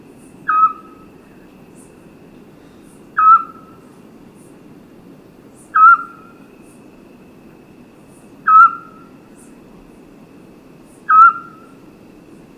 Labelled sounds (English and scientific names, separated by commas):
Eurasian Scops Owl (Otus scops)